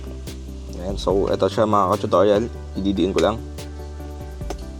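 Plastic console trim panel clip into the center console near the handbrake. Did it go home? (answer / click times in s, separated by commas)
yes / 4.5 s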